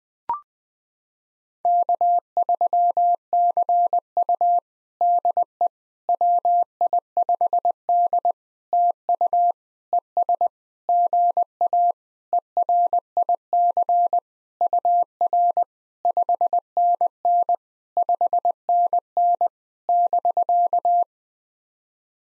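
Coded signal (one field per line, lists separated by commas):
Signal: Morse code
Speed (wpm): 20 wpm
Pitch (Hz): 700 Hz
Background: none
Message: K3CU DE WI5D TU ES GA ERIC UR 5NN 5NN <BK>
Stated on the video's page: Simulated POTA exchanges sent in Morse at 20 wpm as practice.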